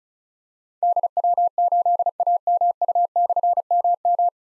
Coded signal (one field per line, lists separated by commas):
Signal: Morse code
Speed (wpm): 36 wpm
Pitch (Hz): 700 Hz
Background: none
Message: DW8AMU/MM